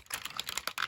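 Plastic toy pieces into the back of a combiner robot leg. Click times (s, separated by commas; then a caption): 0.7 s. Plastic pieces of a transforming combiner robot toy's leg are wedged inward so they plug into the back of the leg, producing a quick series of small clicks and rattles. The pieces snap into place at 0.7 s, seating the leg pieces.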